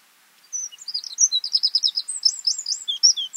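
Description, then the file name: Eurasian wren song: a quick, high-pitched cascade of sharp chipping notes and short trills, delivered without a break for about three seconds. "Troglodytes troglodytes"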